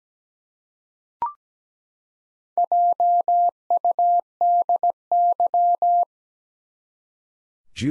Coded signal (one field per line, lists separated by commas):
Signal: Morse code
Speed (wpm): 17 wpm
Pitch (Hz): 700 Hz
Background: none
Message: JUDY